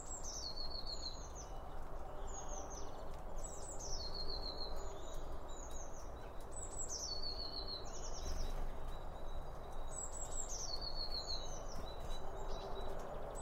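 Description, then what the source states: Bird song, many high descending whistled phrases with trills, repeating throughout over a low steady background rumble. Several birds around a bird feeder, recorded with two OM 1 microphones from Line Audio.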